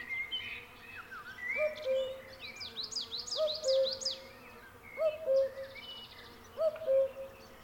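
Cuckoo giving four descending two-note calls spaced about one and a half seconds apart, accompanied by busy high twittering from other birds.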